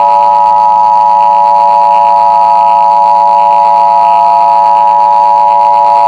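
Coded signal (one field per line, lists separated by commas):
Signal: Emergency Alert System (SAME) tones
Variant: 853 and 960 Hz attention tone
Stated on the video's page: Fictional EAS scenario alert.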